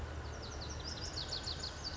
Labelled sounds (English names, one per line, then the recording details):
Lazuli Bunting
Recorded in Sonoma County, California